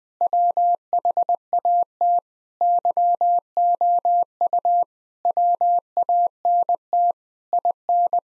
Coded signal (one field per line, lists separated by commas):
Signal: Morse code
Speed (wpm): 20 wpm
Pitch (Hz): 700 Hz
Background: none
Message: WHAT YOU WANT IN